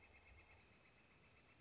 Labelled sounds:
Northern Flicker (Colaptes auratus)
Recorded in Sonoma County, California

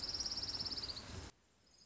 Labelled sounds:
Orange-crowned Warbler (Leiothlypis celata)
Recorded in Sonoma County, California

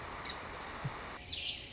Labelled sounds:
Song Sparrow (Melospiza melodia)
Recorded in Sonoma County, California

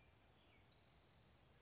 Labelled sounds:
Spotted Towhee (Pipilo maculatus)
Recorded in Sonoma County, California

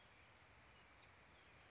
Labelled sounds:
Chestnut-backed Chickadee (Poecile rufescens)
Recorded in Sonoma County, California

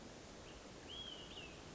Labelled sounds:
Olive-sided Flycatcher (Contopus cooperi)
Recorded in Sonoma County, California

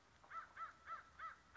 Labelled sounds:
American Crow (Corvus brachyrhynchos)
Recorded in Sonoma County, California

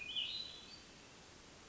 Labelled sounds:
Hermit Thrush (Catharus guttatus)
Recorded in Sonoma County, California

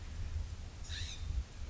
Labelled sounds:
California Scrub-Jay (Aphelocoma californica)
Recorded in Sonoma County, California

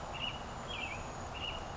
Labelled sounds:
American Robin (Turdus migratorius)
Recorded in Sonoma County, California

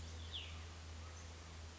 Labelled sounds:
Cassin's Vireo (Vireo cassinii)
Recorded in Sonoma County, California

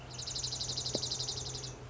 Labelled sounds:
Dark-eyed Junco (Junco hyemalis)
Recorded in Sonoma County, California

